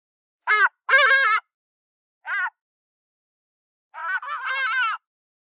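Hadeda ibis calls, loud harsh nasal honks in a few bursts, a double note, a single short one, then a longer raucous run, with silence between.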